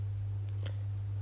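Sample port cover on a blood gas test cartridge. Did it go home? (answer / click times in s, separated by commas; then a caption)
yes / 0.6 s, 0.7 s. After blood fills the sample chamber of a blood gas test cartridge for a Seamaty SG1 arterial blood gas analyzer, the cover over the sample port is pressed shut until it clicks. A faint tick at about 0.5 s is followed by two sharp clicks at 0.6 s and 0.7 s over a steady low hum. The cover is closed and seated, ready for the cartridge to be inserted.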